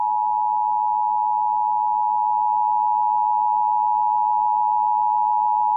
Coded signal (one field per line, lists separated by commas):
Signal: Emergency Alert System (SAME) tones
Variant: 853 and 960 Hz attention tone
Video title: WBAP-AM AMBER Alert EAS Broadcast (Child Abduction Emergency) Kemp, Texas Statewide Alert